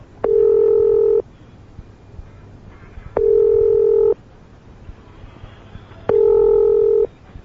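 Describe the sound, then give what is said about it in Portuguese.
A telephone call placed from the BBC in London to Brazil going through: three steady, buzzy tones, each about a second long, repeat at even intervals of roughly three seconds, with faint line noise in the gaps and no one speaking. “E agora, como eu prometi na semana passada, vamos conversar por telefone diretamente de Londres para o Brasil”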